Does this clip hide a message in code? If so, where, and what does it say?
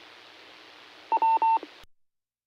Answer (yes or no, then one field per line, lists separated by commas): no